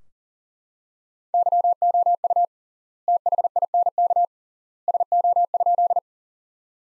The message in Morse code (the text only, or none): YOU THINK SO?